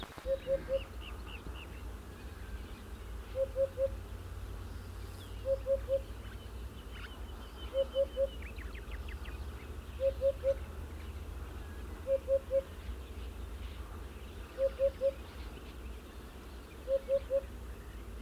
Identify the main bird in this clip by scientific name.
Upupa epops